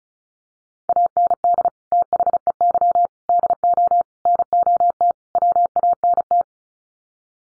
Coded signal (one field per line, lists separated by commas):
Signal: Morse code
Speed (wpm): 34 wpm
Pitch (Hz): 700 Hz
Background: none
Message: AND THEY DO NOT WANT